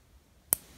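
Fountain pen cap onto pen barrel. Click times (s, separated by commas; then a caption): 0.5 s. A Lamy 2000 fountain pen cap is pushed onto the barrel and catches on the small metal "ears" at the side of the brushed stainless steel grip. A single short, sharp click sounds at 0.5 s over quiet background, and the cap seats.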